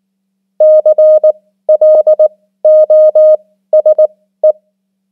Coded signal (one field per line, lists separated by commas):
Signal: Morse code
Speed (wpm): 19 wpm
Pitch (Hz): 620 Hz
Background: none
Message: CLOSE